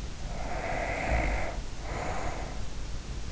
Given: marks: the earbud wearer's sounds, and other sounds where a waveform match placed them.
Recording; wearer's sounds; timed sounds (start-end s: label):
sounds in sleep by an in-ear microphone; breath
0.11-3.07 s: breath